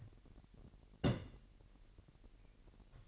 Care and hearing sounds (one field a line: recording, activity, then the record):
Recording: daily activity, microphone in the room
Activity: place on stove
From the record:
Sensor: 4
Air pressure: 1012.9 hPa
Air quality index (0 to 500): 237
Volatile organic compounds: 4 ppm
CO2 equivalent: 1582 ppm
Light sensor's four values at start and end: 30/72/29/29 and 30/72/29/29